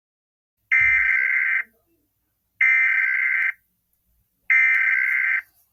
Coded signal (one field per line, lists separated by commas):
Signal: Emergency Alert System (SAME) tones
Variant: header bursts